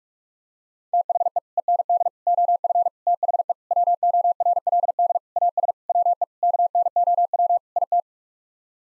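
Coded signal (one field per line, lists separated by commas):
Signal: Morse code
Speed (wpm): 45 wpm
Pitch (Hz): 700 Hz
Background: none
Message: THE END OF THE WORLD AS WE KNOW IT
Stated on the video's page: Head-copy practice of nine-word sets sent at 45 wpm, each set sent in Morse code, then spoken, then sent again.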